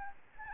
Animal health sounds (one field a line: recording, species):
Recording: mosquito wingbeat signal from an infrared sensor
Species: Aedes albopictus